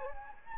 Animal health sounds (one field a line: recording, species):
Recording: mosquito wingbeat signal from an infrared sensor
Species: Anopheles gambiae